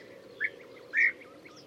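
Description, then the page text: European bee-eater calls: two brief chirps, the second longer and louder, against faint background noise. "Золотистая щурка - автор записи - Tomas Belka"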